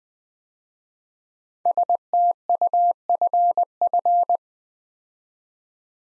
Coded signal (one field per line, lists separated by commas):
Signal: Morse code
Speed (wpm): 20 wpm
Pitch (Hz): 700 Hz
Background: none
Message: STUFF